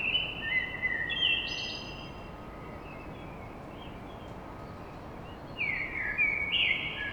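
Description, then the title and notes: Common blackbird song with fluty, slurred notes and a high squeaky tail, pausing before a second warbled phrase, over steady low noise. Blackbird song at dawn in Paris. "Blackbird Poetry At Paris. Enregistrement d'un chant de merle à l'aube dans Paris"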